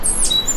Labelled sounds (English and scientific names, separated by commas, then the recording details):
Stitchbird (Notiomystis cincta) song
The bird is a male
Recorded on Tiritiri Matangi Island, New Zealand, in 2005
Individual 1, of nest box 1